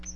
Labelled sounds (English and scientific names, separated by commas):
Chestnut-sided Warbler (Setophaga pensylvanica) flight call